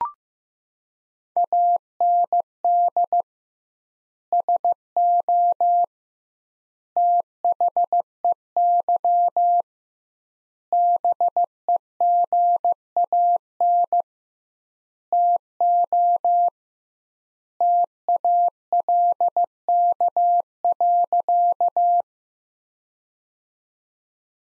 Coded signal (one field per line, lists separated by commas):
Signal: Morse code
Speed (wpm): 15 wpm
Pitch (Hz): 700 Hz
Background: none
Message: AND SO THEY BEGAN TO TALK.